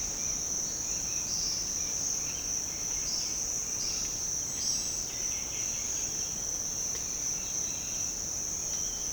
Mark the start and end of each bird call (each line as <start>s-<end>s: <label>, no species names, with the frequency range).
1.19s-1.63s: bird call (3.1-6.4 kHz)
2.94s-6.36s: bird call (1.9-7.2 kHz)